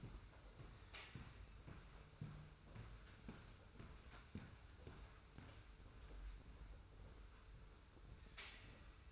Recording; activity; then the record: daily activity, microphone in the room; walk to room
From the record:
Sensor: 2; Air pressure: 991.0 hPa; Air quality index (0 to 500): 112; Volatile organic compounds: 54 ppm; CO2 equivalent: 3351 ppm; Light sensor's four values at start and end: 34/100/39/37 and 34/101/40/38